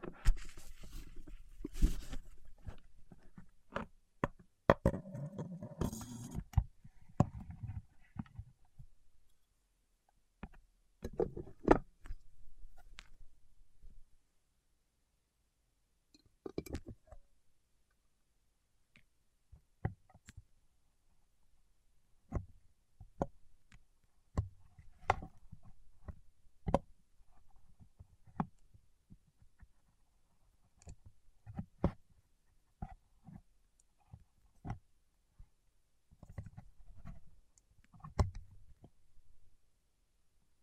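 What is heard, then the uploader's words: Wax-coated fingertips make a run of sharp little taps and clicks over about forty seconds. The first dozen seconds are busiest, with soft rubbing and crackling under the taps. After that the clicks come sparse and irregular, separated by near silence. ASMR with Wax Fingertips for Sleep (No Talking).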